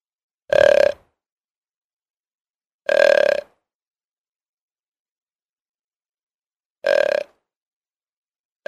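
Deer giving three brief, nasal bleating calls at uneven intervals, with long silent gaps between them and a fourth call just starting at the end.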